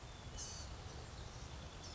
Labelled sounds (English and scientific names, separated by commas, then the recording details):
Blue-gray Gnatcatcher (Polioptila caerulea)
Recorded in Sonoma County, California